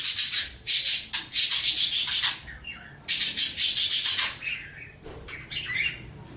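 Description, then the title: Birds calling: rasping, grating screeches in rapid bursts, then softer scratchy twittering notes toward the end. "Burung Campur4"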